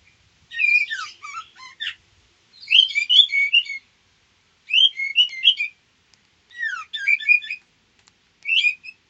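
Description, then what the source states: White-rumped shama repeating bursts of twittering whistles and chips, five bursts about two seconds apart. Female.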